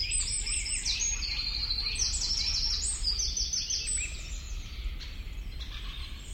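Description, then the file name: Eurasian wren giving rapid, high twittering notes and quick trills above a steady low rumble of background noise. "Troglodytes troglodytes"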